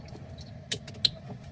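A keyed connector that only fits one direction is plugged into its socket in the rear console of a Tesla Model 3 or Model Y during a ZHNN 8.66" rear screen install. Over faint background noise, a soft tap at 0.7 s and a lighter one at 0.9 s lead to a sharp, bright click at 1.1 s. The connector is confirmed seated.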